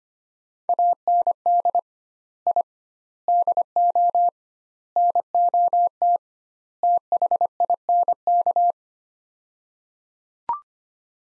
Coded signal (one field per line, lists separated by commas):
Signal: Morse code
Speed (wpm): 25 wpm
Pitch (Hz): 700 Hz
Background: none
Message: AND I DO NOT THINK